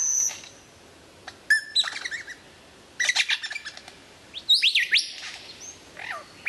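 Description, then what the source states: White-rumped Shama: scattered whistles, sharp chips and short buzzy bursts separated by pauses. Described as the best murai batu of 2014, used for mastering (song training).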